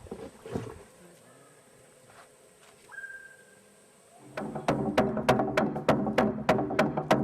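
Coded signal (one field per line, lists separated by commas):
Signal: drum signal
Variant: garamut slit drum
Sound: quiet ambience, then regular booming wooden drum strokes about three per second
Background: outdoor ambience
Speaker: this is the house timber man and it's full of garment drums. Garammit drums are used as a traditional form of communication to send messages and warnings between villages.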